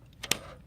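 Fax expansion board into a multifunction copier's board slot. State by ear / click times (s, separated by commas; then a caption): seated / 0.3 s. A Sharp MX-FXX2 fax kit circuit board is slid along its grooves into the board slot of a Sharp MX-M453N multifunction copier. A softer tap at about 0.2 s is followed by a sharp click at 0.3 s as the board latches and seats home in its slot.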